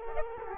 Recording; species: mosquito wingbeat signal from an infrared sensor; Culex quinquefasciatus